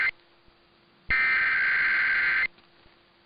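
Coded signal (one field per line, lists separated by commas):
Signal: Emergency Alert System (SAME) tones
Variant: header bursts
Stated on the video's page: Nevada AMBER Alert and a weekly test on a broadcast station.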